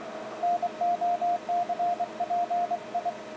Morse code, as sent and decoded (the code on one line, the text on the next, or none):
-. --- -.-. .--. ..
NOCPI